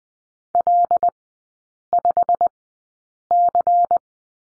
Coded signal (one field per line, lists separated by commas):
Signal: Morse code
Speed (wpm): 20 wpm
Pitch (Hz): 700 Hz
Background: none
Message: L5C